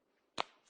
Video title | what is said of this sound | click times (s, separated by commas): Microsoft Surface Keynote, The new tablet by Microsoft [Windows 8] 2012 | click do you heard that it's solid | 0.4 s